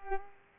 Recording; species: mosquito wingbeat signal from an infrared sensor; Culex pipiens